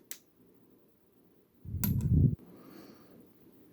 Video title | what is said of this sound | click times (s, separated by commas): SND-08 The One Optimus Transformation Guide Robot to Truck | you'll hear the click | 0.1 s